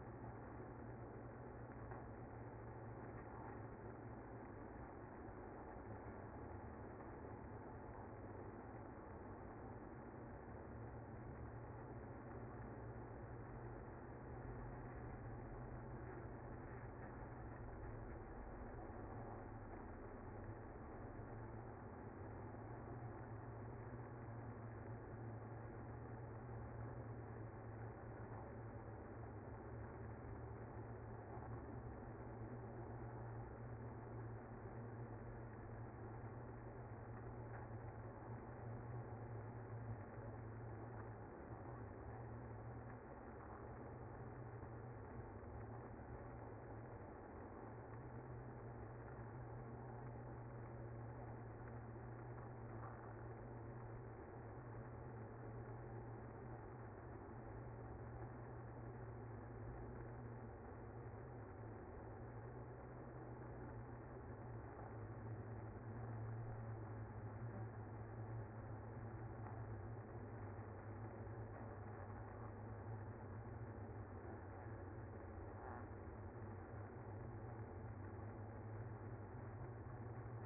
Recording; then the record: honeybee colony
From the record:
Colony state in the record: active